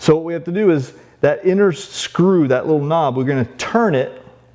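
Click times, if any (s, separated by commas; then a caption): none. A MIG welding gun connector sits in the front socket of a Lincoln Power MIG 180 Dual welder; it has dropped into place but is not yet connected, and its inner screw knob is about to be turned to lock it. Someone talks throughout, with no other distinct sounds. Nothing has seated or clicked yet.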